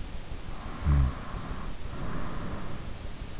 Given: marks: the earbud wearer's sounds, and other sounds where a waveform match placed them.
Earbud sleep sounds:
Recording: sounds in sleep by an in-ear microphone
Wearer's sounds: snoring breath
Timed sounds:
0.37-3.27 s: snoring breath

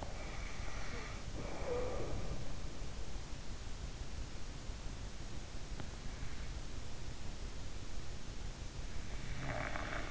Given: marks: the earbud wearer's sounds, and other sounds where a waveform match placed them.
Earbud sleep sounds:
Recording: sounds in sleep by an in-ear microphone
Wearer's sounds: snoring breath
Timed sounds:
0.00-2.57 s: snoring breath
9.34-10.11 s: snoring breath

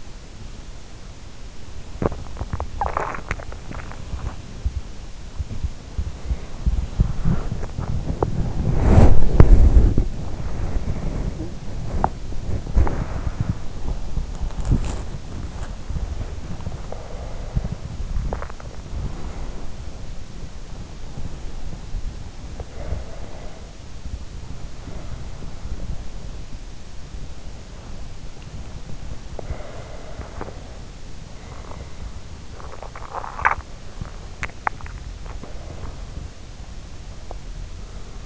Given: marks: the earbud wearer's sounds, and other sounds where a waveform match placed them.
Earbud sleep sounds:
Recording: sounds in sleep by an in-ear microphone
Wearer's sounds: teeth grinding, body movement, swallowing, talking in sleep, breath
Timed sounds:
1.83-2.86 s: teeth grinding
1.83-38.26 s: body movement
2.67-4.22 s: swallowing
11.25-11.70 s: talking in sleep
16.34-20.22 s: breath
18.02-19.01 s: swallowing
20.93-23.97 s: breath
29.34-32.40 s: breath
33.12-36.26 s: swallowing

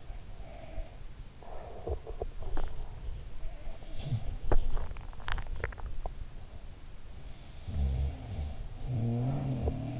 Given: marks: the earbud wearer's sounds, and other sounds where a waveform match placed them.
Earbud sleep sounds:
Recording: sounds in sleep by an in-ear microphone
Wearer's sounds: breath, teeth grinding, swallowing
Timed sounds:
0.00-2.07 s: breath
0.33-1.07 s: sound from someone else or the room
1.85-2.64 s: teeth grinding
2.74-4.37 s: breath
3.48-4.26 s: sound from someone else or the room
3.77-6.44 s: swallowing
7.60-9.99 s: sound from someone else or the room

